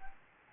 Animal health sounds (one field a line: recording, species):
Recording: mosquito wingbeat signal from an infrared sensor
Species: Anopheles arabiensis